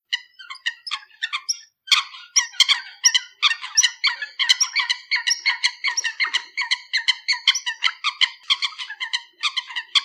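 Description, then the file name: Eurasian coot giving short, sharp metallic notes, repeated in quick uneven runs broken by a brief pause early on, with no other sounds evident. "folaga"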